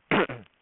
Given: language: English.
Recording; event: throat vibration sensor signal played as sound; throat clearing